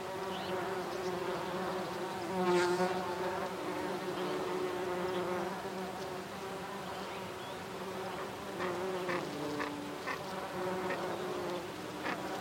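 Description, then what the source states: Bees buzzing in a low droning hum that swells briefly early on. Bees foraging in fresh Wood Sage on Sugarloaf Hill, Malvern Hills, UK; 25 July 2023 at 05:50; clear sunrise, low wind; binaural.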